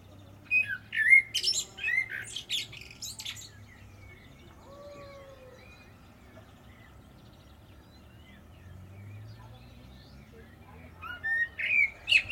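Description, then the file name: Common blackbird giving scratchy, squawking calls in a brief series at the beginning and again at the end, with quiet low rumble in between. "Turdus merula"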